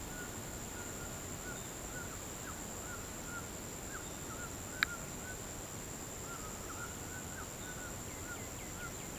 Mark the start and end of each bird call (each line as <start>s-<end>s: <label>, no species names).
0.10s-5.38s: bird call
6.20s-9.19s: bird call